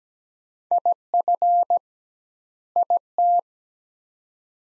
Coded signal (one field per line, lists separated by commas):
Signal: Morse code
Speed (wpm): 17 wpm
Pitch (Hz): 700 Hz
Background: none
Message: IF IT